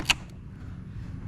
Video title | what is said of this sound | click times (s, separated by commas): Cadillac CTS V3 Bumper Removal and Install | You gotta hear the click. | 0.1 s